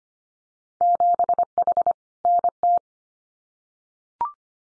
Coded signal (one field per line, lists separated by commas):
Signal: Morse code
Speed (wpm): 25 wpm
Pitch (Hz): 700 Hz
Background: none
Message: 7H NT